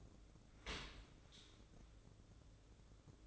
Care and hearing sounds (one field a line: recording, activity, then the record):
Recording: daily activity, microphone in the room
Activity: open dishwasher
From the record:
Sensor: 3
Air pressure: 1012.3 hPa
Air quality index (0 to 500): 163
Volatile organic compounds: 2 ppm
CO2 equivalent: 1250 ppm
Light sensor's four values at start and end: 493/1213/498/493 and 497/1225/504/498